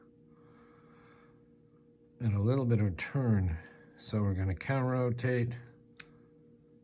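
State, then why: Released. A disc lock core, its last disc picked, is rotated open in its lock body with a tension tool while someone talks. A single sharp click sounds at 6.0 s as the mechanism opens, and the lock is released.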